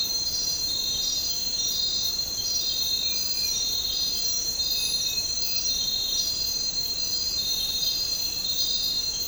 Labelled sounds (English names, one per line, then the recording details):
none
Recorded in dense forest near Puerto Asís, Putumayo, Colombia, on 13 March 2025 at 04:00
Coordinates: 0.467, -76.328
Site G041